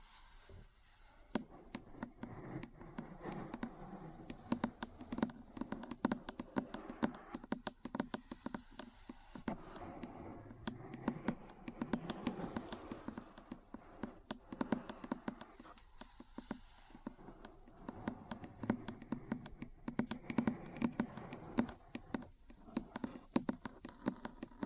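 Metal parts tap and scratch in a dense, irregular stream of sharp clicks and knocks, with many small hits per second from start to finish. Short rasping scrapes and a low rumbling clatter run underneath, swelling slightly around the middle and again near the end.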